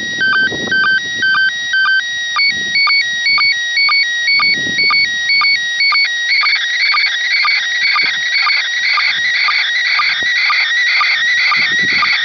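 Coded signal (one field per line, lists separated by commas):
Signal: SSTV (slow-scan television)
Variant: PD120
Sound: warbling, chirping tone with a steady tick about twice a second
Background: radio noise, low rumbles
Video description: ISS-SSTV (MAI-75) images in PD120 mode received on TH-D74E + Arrow-2 Antenna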